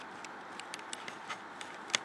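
A plastic part is dropped down onto the retaining clips on a Zero-X Raven drone body and slid forward until it locks in place. A few faint ticks and light scrapes come before one sharp, loud click at 1.95 s as the part seats.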